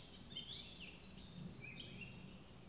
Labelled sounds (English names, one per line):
Eurasian Blackcap